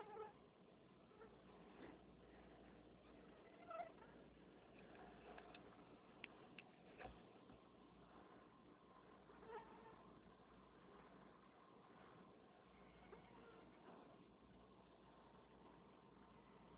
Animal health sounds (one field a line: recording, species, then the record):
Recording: mosquito flight sound by mobile phone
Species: Anopheles freeborni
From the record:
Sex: female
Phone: Nokia 6555B